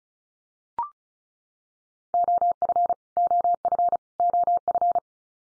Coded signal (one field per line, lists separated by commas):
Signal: Morse code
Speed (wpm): 34 wpm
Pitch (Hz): 700 Hz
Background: none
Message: OF OF OF